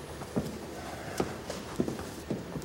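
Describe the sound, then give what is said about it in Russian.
Footsteps as the film character Krechetov walks away: a handful of dull, moderately loud steps at an uneven, unhurried pace over a low background hiss, with no voices. “Кречетов уходит.”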